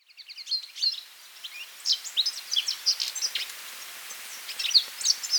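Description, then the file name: European goldfinch with scattered high chirps and short twittering phrases, looser than a continuous chatter, over faint background hiss. "Carduelis carduelis"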